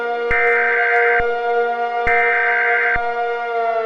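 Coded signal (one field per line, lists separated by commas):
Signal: Emergency Alert System (SAME) tones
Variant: header bursts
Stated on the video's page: Simulated EAS scenario; most tones are invalid.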